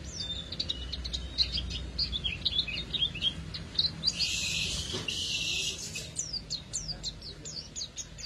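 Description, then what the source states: Canary song with high chirps and brief trills, broken midway by a rushing burst of noise, then more quick slurred notes. Therapy recording meant to get a canary that has stopped singing to sing again; F1 canary.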